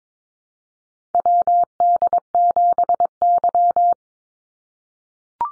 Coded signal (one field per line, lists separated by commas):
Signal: Morse code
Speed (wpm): 22 wpm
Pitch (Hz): 700 Hz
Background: none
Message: WD7Y